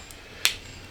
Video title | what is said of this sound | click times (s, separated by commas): Flea Market Flipping: How to Find Profitable Items to Sell on eBay | There, locked into place. | 0.5 s